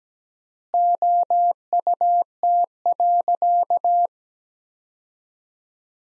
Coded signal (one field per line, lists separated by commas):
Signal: Morse code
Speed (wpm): 17 wpm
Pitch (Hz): 700 Hz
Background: none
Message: OUT.